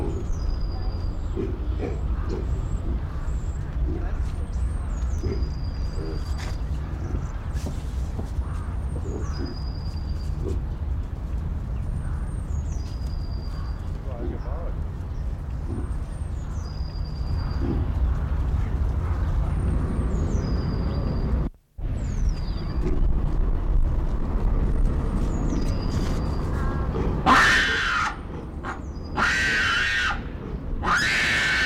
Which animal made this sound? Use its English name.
Hamadryas Baboon